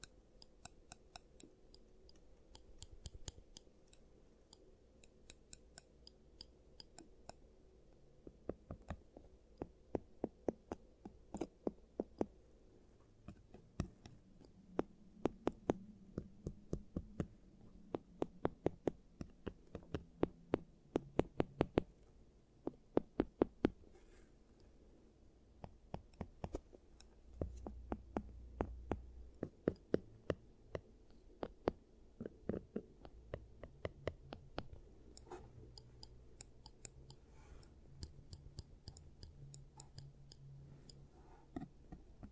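Giant teeth treatment sounds: sharp clicks and snips like scissors come in irregular bursts throughout, thick around 8 to 24 seconds and again near 35 to 40 seconds. A soft low hum and muffled scraping lie underneath, swelling briefly near 28 seconds.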